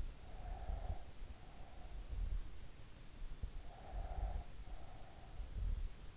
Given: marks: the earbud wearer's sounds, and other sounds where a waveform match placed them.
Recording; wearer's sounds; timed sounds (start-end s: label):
sounds in sleep by an in-ear microphone; breath
0.07-2.05 s: breath
3.47-5.63 s: breath